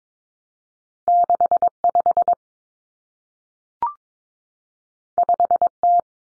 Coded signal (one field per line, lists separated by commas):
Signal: Morse code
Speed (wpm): 22 wpm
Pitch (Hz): 700 Hz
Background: none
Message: 65 5T